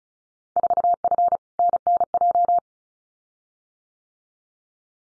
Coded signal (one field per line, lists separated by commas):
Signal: Morse code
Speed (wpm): 36 wpm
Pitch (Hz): 700 Hz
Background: none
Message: 4F NNJ